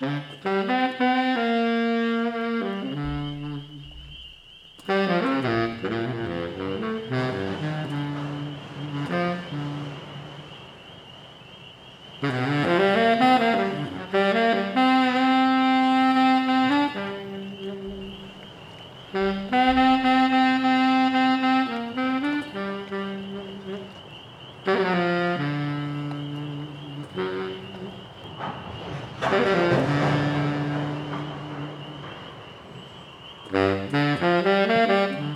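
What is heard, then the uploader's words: A baritone sax plays phrases of low, sustained notes with pitch bends, pausing every few seconds, new phrases starting near 5, 12, 19, 25 and 29 seconds. A steady high peeping tone, likely spring peepers, runs underneath throughout, with faint low rumble between phrases. Bari with trains n d frogs. A field recording mix playing The Martin Bari sax under the train trestle with some spring peepers.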